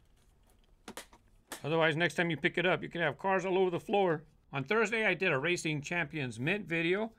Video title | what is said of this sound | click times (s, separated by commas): RGWS Race Grooves Weekend Show April 23, 2017 #askracegrooves | you got to make sure you hear that click click when you close it | 0.9 s, 1.5 s